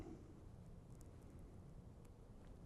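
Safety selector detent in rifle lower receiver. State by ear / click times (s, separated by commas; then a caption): not seated / none. A fingernail presses on the small safety selector detent in the lower receiver of a Q Honey Badger SD rifle during a trigger install, heard as faint scratchy scraping over a steady low rumble, with a brief soft tick near 1.0 s. The detent does not give, and nothing has seated or clicked yet; a tool is needed.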